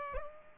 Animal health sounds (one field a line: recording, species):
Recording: mosquito wingbeat signal from an infrared sensor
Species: Aedes aegypti